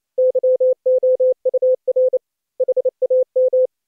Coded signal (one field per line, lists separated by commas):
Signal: Morse code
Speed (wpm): 28 wpm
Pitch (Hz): 510 Hz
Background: none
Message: YOUR HAM